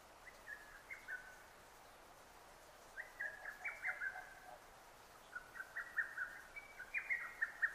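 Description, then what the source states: Lesser cuckoo giving several hurried phrases of piercing whistled notes. Recorded 6 June 2009.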